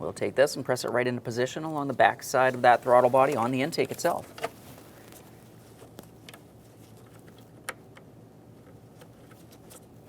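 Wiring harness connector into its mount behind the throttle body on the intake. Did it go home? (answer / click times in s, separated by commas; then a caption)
no / none. On a 2011-2021 Jeep Grand Cherokee 3.6L V6, a wiring harness electrical connector is handled near its mount at the back of the throttle body on the intake. Someone talks for the first four seconds, followed by quiet with faint light ticks and one sharper tick near 7.7 s. The connector has not seated or clicked yet.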